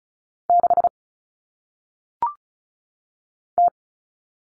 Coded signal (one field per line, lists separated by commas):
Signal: Morse code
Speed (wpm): 36 wpm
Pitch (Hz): 700 Hz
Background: none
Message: 6 T